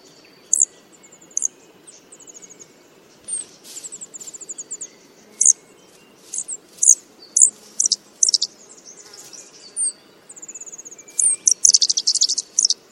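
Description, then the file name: Blue flycatcher calling with scattered sharp, very high chips and brief thin trills, growing faster and denser toward the end over a soft background hiss. Alarm call. "suara alarm panggilan cikrakperi biru omkicau"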